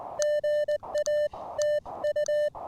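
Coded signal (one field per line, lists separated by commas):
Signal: Morse code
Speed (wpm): 20 wpm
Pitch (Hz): 600 Hz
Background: music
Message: GA TU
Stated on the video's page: POTA CW activation with an Elecraft K1 keyed by a prototype paddle, using an end-fed half-wave antenna with 40 m wire add-on.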